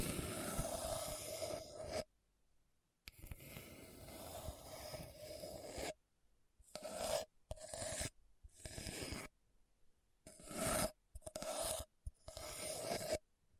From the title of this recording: Hard and Bumpy Surface Scratching